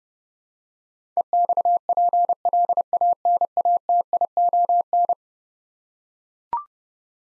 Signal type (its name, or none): Morse code